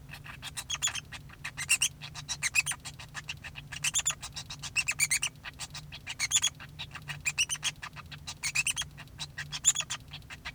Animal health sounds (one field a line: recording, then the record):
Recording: song of a male Bengalese finch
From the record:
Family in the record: son of father 2